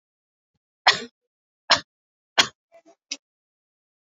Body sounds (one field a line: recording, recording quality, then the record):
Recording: shallow voluntary cough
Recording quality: excellent, no background noise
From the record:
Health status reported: recovered from COVID-19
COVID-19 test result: positive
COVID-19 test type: RT-PCR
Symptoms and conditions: cough, cold, sore throat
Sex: female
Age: 41 years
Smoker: no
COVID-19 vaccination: both doses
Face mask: worn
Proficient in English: yes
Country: India